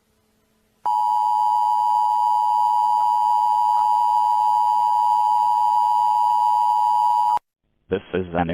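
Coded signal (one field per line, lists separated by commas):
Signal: Emergency Alert System (SAME) tones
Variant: 853 and 960 Hz attention tone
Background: speech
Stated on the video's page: Simulated EAS scenario.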